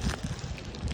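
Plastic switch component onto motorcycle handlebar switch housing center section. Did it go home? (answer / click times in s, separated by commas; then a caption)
no / none. A plastic piece of a Yamaha motorcycle handlebar switch assembly (part number 233-83980-30) is handled as it is pressed over the center section of the switch housing. Only a low, rumbling, wind-like broadband noise is heard, with no distinct clicks. Nothing has snapped into place or seated yet.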